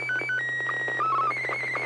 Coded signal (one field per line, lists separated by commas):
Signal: SSTV (slow-scan television)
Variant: Martin 2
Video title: N6NA SSTV Net - 02/14/2024